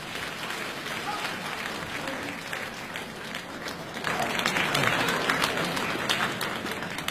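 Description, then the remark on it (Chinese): Steady applause from an audience welcoming two comedians to the stage at a Beijing TV crosstalk and sketch competition fills the whole stretch, a dense wash of many hands clapping that swells louder about halfway through and stays strong to the end. “掌声有请两位。”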